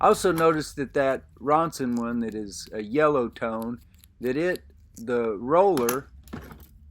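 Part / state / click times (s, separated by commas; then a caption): rotating roller closure on a flint dispenser / seated / 6.3 s. Someone talks while turning the rotating roller closure on a vintage plastic-and-metal ferrocerium flint dispenser, a yellow-toned Ronson one. A short click at 6.3 s marks the roller locking in place, unlike an older dispenser whose roller did not lock.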